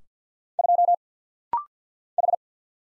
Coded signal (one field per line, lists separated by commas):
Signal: Morse code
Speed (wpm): 48 wpm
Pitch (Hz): 700 Hz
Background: none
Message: 2 H